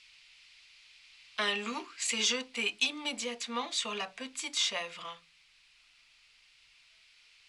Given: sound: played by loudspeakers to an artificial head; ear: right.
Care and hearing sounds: speech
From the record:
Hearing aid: class 1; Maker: E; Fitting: closed earmoulds, the maker's default for a moderate loss (N3)

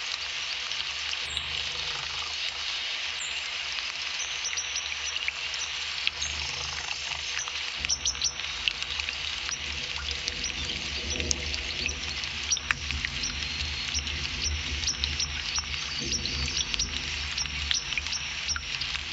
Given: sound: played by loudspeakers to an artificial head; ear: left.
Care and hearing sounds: nature sounds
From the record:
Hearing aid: class 1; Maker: A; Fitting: closed earmoulds, the maker's default for a moderate loss (N3)

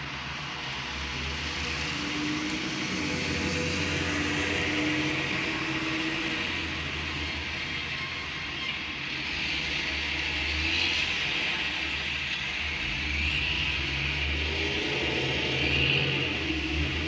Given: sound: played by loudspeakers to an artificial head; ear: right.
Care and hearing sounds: road traffic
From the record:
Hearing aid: class 1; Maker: A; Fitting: closed earmoulds, the maker's default for a moderate loss (N3)

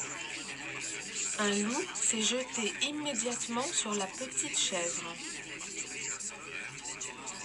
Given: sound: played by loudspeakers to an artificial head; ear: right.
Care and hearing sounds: speech in noise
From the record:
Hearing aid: class 2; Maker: E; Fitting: closed earmoulds, the maker's default for a moderate loss (N3)

